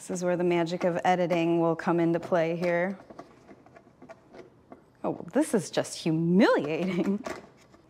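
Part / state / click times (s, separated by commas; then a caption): plastic reptile bin joined to a neighbouring bin / not seated / none. Someone talks while two stackable plastic reptile hatchling bins are handled and pushed together at their tongue-and-groove edge, with faint plastic taps and knocks between the talking. Nothing has snapped or locked into place yet.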